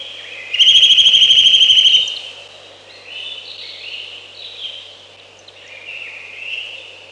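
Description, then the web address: Eurasian nuthatch delivering one long, rapid, steady trill of piping notes lasting over a second, followed by quieter warbling. "Ptaki Kowalik"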